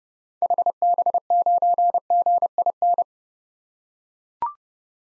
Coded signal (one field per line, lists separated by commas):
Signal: Morse code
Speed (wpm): 32 wpm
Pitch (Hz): 700 Hz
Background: none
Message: HB9GIN